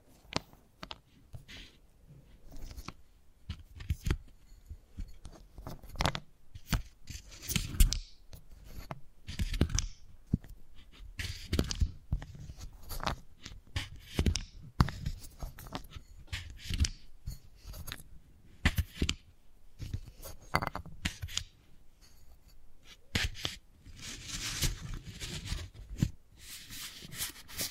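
Wooden balls click, roll and knock in a dense, irregular run of sharp little taps and scraping rustles that continues for the whole half-minute. Louder bursts arrive every few seconds, with short pauses between clusters and a soft, low rumble underneath.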